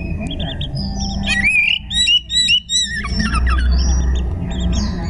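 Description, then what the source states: Oriental magpie-robin song: rapid clipped chattering notes and sliding whistles, repeated in short bursts over low background noise. Song in the tembakan ngekek style.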